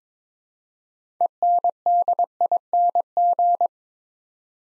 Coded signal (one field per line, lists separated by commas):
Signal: Morse code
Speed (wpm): 22 wpm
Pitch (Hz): 700 Hz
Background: none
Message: ENDING